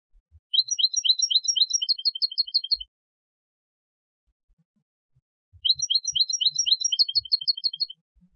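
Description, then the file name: European goldfinch giving two long runs of bright, quick twittering notes, each lasting over two seconds, with a silent pause between them. "Carduelis carduelis"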